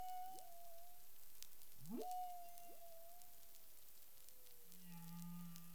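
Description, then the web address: Humpback whale song units: sharp upsweeps leaping into long flat whistled tones, a slow descending moan, then a low steady hum, over crackling underwater background. Recorded 13 February 2021 at 10:29 UTC. "CARIMAM clean data humpback whale"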